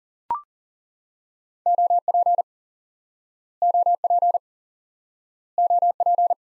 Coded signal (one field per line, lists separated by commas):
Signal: Morse code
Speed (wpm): 39 wpm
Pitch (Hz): 700 Hz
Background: none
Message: OP OP OP